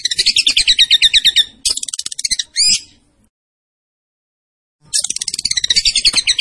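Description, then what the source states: Tembakan bird song: rapid, high chattering notes in several quick bursts, then more after a pause of about two seconds. Master recording for training cage birds; the bird is described as gacor, singing vigorously.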